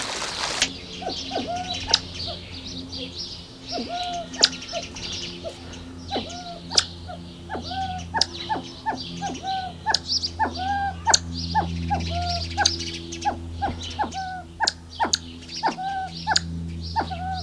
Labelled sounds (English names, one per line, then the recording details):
Siamese Fireback call
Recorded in captivity
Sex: male
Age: adult
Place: Tierpark Berlin, Berlin, DE
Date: 1981-04-18 10:07
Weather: sunny, 1-6°C
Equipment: Nagra SN, Kopie Uher 4200
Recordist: Tembrock, Günter